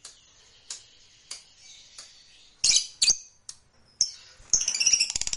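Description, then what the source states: Lovebird giving scattered sharp chirps and harsh squeaks, then breaking into a fast, high pulsed trill for the final second. Fighter lovebird giving a long ngekek trill.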